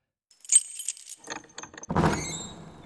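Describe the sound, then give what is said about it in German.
Keys jingle brightly, then a few sharp metallic clicks of a key working a lock, followed by a louder broad rush as small doors swing open with a faint ringing tail. “Sie brauchten den Schlüssel nur in das Schloss zu stecken, schon bewegten sich die kleinen Tore.”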